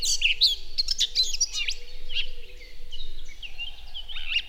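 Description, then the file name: Eurasian blackcap song, fast scratchy warbling with sharp chirps and slurred notes, a short pause, then more warbled phrases, with a low steady hum underneath. "Sylvia atricapilla"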